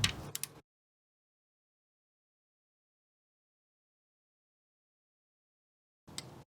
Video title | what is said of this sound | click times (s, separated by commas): Valve Cover and Cam Plug Replacement 1994 Acura Integra 1.8L | Nice. Even pull carefully until it clicks | 0.0 s, 6.2 s